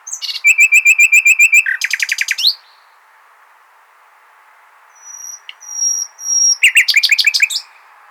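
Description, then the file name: Common nightingale song with a fast repeated series of notes, a rattling trill, thin high whistles, then another quick burst of notes. "Luscinia megarhynchos"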